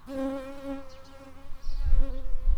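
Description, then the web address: Shrill carder bee buzzing with a steady, humming drone, joined by low rumbling noise in the second half. Workers. "Sylvarum workers"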